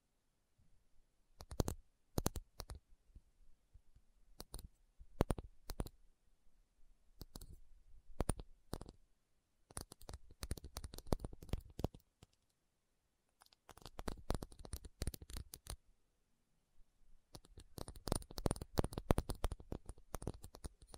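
Tapping with no talking: sharp, dry taps come in short bursts separated by brief pauses, some slow and spaced, others quick and clustered, especially around the middle and the end. The hits are crisp and clicky, with a faint low rumble underneath.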